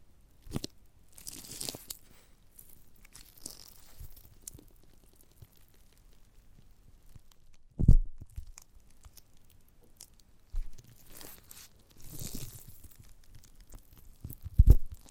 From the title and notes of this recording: ASMR of a Giant Gummy Bear (No Talking).